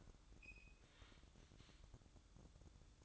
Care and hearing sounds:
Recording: daily activity, microphone in the room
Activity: open fridge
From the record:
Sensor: 3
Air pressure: 1007.7 hPa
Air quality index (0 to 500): 78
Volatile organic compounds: 1 ppm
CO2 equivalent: 665 ppm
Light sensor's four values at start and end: 12/28/12/12 and 12/28/12/12

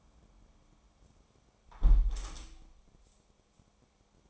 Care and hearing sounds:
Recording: daily activity, microphone in the room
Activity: close window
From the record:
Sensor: 1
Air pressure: 1000.5 hPa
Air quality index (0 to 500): 183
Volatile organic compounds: 4 ppm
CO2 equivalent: 1678 ppm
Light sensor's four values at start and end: 11/26/10/12 and 10/24/10/11

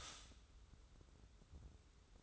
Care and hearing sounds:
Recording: daily activity, microphone in the room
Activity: stop toaster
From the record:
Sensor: 3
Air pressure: 994.4 hPa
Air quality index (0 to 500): 202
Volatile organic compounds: 1000 ppm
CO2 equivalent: 6725 ppm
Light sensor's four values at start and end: 119/280/114/105 and 118/279/113/105

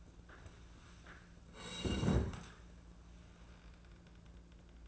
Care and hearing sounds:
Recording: daily activity, microphone in the room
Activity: sit down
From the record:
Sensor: 2

